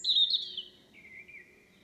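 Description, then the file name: European robin fragment: a thin high note slides gently downward, then a lower, fainter wavering whistle follows, over faint background hiss. "Erithacus rubecula"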